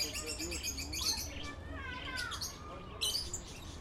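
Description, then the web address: Birds chirping and twittering, with several high tweets and a few lower warbled notes over a steady low rumble. Birds in an aviary in a city park. "Sound Effects-Lynne Music 2 Birds-In-City-Park-Aviary"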